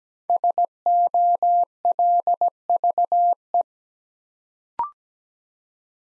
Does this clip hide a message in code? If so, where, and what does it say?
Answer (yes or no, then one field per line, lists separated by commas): yes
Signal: Morse code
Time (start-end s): 0.3-3.6 s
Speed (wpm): 17 wpm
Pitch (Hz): 700 Hz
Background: none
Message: SOLVE